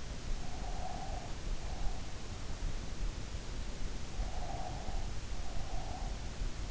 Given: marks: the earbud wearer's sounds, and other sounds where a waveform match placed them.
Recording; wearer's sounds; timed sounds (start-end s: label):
sounds in sleep by an in-ear microphone; breath
0.16-2.16 s: breath
3.65-6.30 s: breath